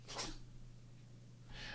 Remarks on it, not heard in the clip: That was my cat sneezing next to me. He's decided to wake up from his slumber.